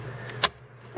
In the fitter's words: it snaps in place we're all good there okay